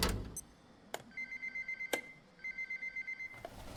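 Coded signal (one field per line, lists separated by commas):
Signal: none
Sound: a game's phone ringing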